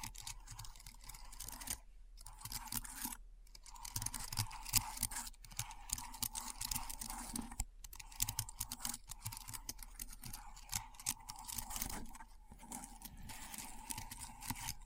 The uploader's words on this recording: ASMR Keyboard Sounds (No Talking).